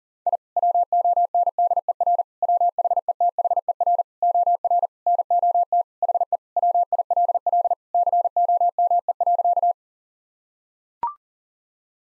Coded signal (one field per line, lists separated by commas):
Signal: Morse code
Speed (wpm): 40 wpm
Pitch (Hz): 700 Hz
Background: none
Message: I WONDER WHETHER OR NOT HE WILL COME.